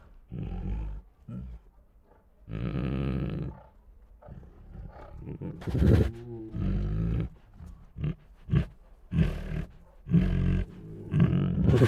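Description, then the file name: Tigers grumble and growl in repeated low, rough bursts, some short, others drawn out, with brief gaps between them. Two tigers growling and moaning; grumbly growls. "Two Tigers Make Grumbly Growls and Moans [Sound Ideas]"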